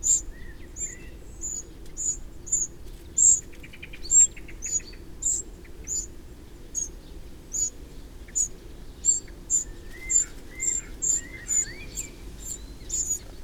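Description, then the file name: Eurasian wren giving a long series of sharp, high tick notes, briefly joined by a short dry rattle and a few lower whistled phrases. "Troglodytes troglodytes"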